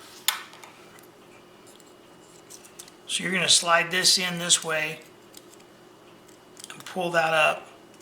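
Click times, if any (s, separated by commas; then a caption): none. A replaceable blade is slid into the handle of a Roxon Phantasy folding knife and the locking part is pulled up, with a sharp metallic tick near the start and light scraping handling clicks throughout. Someone talks during the handling. The clip ends before the blade locks into place, so nothing has seated or clicked yet.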